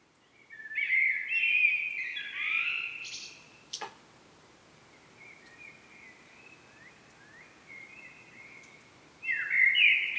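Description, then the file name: Common blackbird singing a mellow warbled phrase with a high squeaky ending, a sharp click, quiet notes, then another phrase at the close. "Turdus merula"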